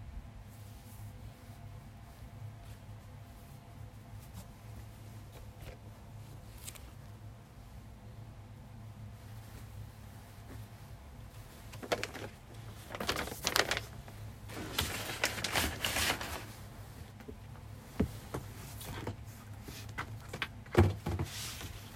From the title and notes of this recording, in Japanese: 掃除と片付け。洋服をたたむ、重ねてしまう。